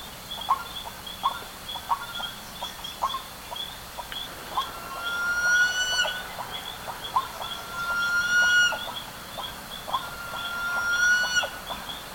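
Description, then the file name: Bird calls: clipped notes repeated irregularly, with three long drawn-out whistles, over a steady high-pitched background buzz. "SABIOD 50 bird 2015"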